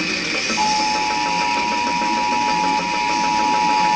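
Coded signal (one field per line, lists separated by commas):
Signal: Emergency Alert System (SAME) tones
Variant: 853 and 960 Hz attention tone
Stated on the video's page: EAS alert tone that chokes.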